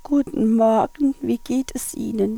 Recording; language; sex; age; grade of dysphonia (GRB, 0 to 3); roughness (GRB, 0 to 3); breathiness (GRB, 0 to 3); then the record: spoken sentence; German; female; 50 to 59 years; 2; 0; 2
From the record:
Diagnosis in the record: hyperfunctional dysphonia, psychogenic dysphonia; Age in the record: 54 years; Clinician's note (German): Multifaktoriell